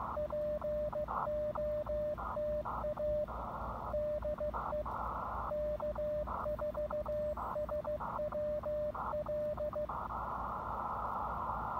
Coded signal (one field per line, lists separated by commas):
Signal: Morse code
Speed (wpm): 15 wpm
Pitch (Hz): 600 Hz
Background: radio noise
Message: POTA DE K4SWL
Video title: Impromptu QRP POTA Activation with the Elecraft KX2 Transceiver and AX1 Antenna